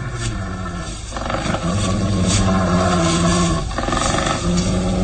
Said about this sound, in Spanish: Los gruñidos se escuchan ahora más claramente.